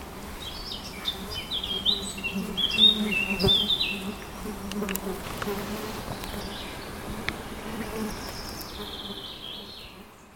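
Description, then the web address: Eurasian blackcap singing a quick run of warbled, whistled notes in the first seconds, then quieter phrases fading out against a low steady hum. "linnut mustapaa"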